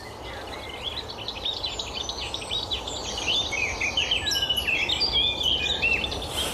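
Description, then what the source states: Eurasian blackcap song: a busy, high warble of chattering notes that grows louder toward the end, over a steady background hiss. Singing at dawn in a small nature area in Germany, just across the border near Nijmegen.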